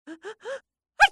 Female middle age sneeze.